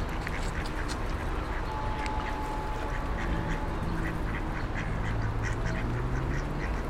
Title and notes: Kaczki i gołębie na Promenadzie Staromiejskiej cz.1 Lokalizacja: Stare Miasto Czas: , 16.00. Kaczki i gołębie karmione przez przechodniów. Odgłosy przejeżdżających samochodów i autobusów. Autor nagrania: Bartosz Grzyb